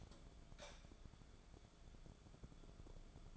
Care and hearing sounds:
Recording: daily activity, microphone in the room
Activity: light off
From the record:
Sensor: 5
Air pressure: 1010.4 hPa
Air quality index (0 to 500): 118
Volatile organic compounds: 2 ppm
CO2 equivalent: 1157 ppm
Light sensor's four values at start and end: 495/1271/525/590 and 495/1268/524/589

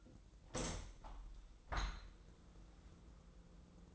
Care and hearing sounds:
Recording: daily activity, microphone in the room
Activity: open window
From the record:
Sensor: 3

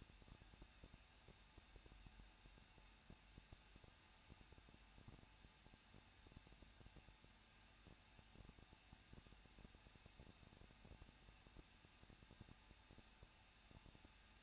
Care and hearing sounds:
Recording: daily activity, microphone in the room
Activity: no activity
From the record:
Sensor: 2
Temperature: 21.0 degrees Celsius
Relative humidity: 37.5%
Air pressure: 1006.3 hPa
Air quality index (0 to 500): 223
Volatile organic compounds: 25 ppm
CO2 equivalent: 2828 ppm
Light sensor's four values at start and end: 2/3/2/2 and 2/3/2/2

